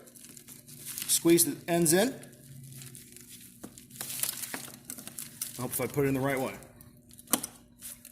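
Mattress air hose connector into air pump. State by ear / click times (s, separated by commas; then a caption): seated / 7.3 s. Someone talks while squeezing the ends of the main airflow hose connector of a Rhythm Multi Bari LAL air mattress and pushing it into the air pump socket, with rustling handling noises along the way. A sharp click at 7.3 s marks the connector seating in the pump.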